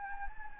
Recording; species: mosquito wingbeat signal from an infrared sensor; Anopheles gambiae